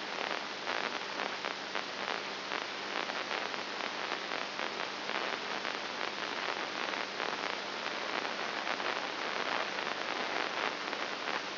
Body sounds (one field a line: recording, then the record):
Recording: brain microelectrode recording played as sound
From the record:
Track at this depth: inside the subthalamic nucleus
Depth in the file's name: 5.9 mm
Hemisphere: right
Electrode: 2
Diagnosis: Parkinson's disease